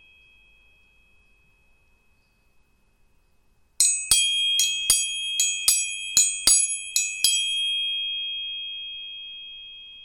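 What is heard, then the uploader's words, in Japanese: Tuning forks: a faint, thin high tone hums alone for about four seconds, then sharp metallic taps strike roughly every half second until near seven seconds. Several bright, pure pitches ring together and fade slowly to the end. 音叉チューニング3本。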